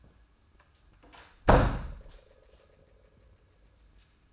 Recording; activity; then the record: daily activity, microphone in the room; close door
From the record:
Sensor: 2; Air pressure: 994.2 hPa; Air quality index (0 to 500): 209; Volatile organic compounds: 1000 ppm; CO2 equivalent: 6940 ppm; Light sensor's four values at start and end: 124/296/126/132 and 126/300/127/134